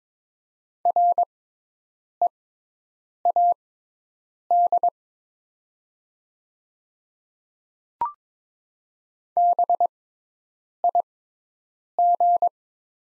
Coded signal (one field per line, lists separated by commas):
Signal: Morse code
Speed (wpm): 22 wpm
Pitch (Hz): 700 Hz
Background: none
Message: READ BIG